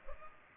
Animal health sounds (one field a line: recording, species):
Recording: mosquito wingbeat signal from an infrared sensor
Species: Culex pipiens